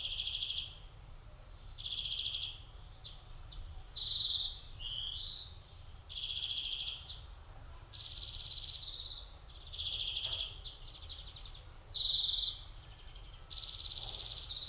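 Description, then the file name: European greenfinch delivering long buzzy trills about every two seconds, mixed with a few sharp high chirps and rising wheezy notes. "Chloris chloris"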